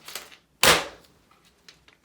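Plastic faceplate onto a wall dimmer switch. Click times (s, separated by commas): 0.6 s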